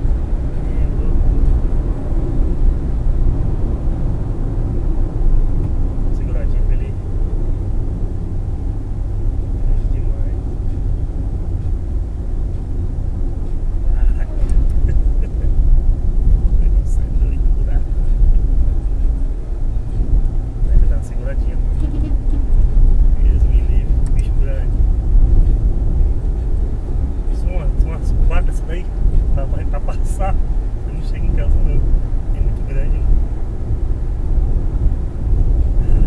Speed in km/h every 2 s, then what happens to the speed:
107, 102, 94, 84, 81, 78, 73, 70, 68, 71, 75, 79, 81, 84, 87, 90, 93, 96.
0-15 slows to 68. 15-36 speeds up to 96.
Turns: none.